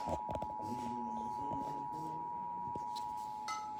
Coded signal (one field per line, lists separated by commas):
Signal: Emergency Alert System (SAME) tones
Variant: 853 and 960 Hz attention tone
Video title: Three times of emergency alert system/the weather channel